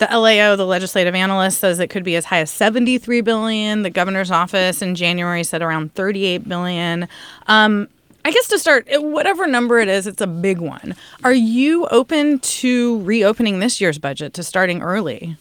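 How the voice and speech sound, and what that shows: An adult woman, a radio host, speaks in an interview setting with typical speech.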